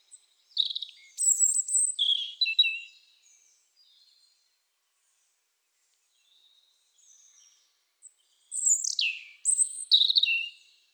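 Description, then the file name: European robin song in two bursts: liquid, high warbling and trilled notes, long silence between, the second phrase rich with falling slides. "Erithacus rubecula"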